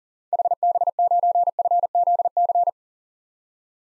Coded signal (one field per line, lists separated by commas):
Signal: Morse code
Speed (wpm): 40 wpm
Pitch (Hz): 700 Hz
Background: none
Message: HB9FZC